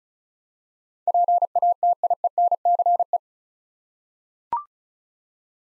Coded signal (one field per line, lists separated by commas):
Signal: Morse code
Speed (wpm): 36 wpm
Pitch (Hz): 700 Hz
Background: none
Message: PATIENCE